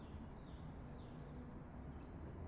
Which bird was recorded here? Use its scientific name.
Cyanistes caeruleus